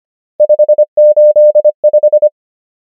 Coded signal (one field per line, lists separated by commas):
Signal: Morse code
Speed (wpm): 25 wpm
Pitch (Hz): 600 Hz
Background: none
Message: 5 8 5